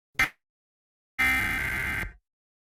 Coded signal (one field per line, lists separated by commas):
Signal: Emergency Alert System (SAME) tones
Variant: header bursts